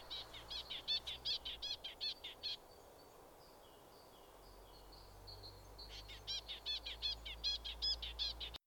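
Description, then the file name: Great tit calling in rapid series of sharp, ringing chinking notes, several per second, stopping for about three seconds while faint thin whistles are heard, then resuming; low background rumble throughout. "Parus major"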